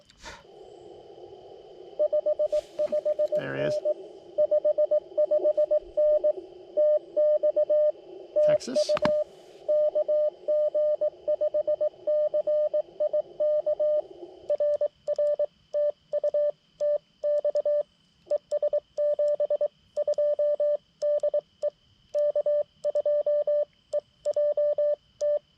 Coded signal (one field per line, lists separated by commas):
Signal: Morse code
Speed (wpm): 18 wpm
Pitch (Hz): 600 Hz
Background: radio noise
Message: 55N 55N TX TU KG5CIK RR TU TX ES 72 DE K2EJT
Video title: People Suck! CW POTA at US-5221